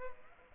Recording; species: mosquito wingbeat signal from an infrared sensor; Culex pipiens